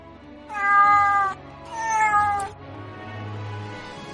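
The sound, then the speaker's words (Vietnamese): Round sand cats rubbing their bodies against a man's legs with squinting eyes meow twice in long, drawn-out, tonal cries with a slight wavering pitch, followed by a lower, quieter rumbling murmur. “hai con mèo cát tròn vo thế nhưng chủ động lại gần y, dùng thân mình cọ cọ chân y, híp mắt phát ra tiếng kêu mèo mèo.”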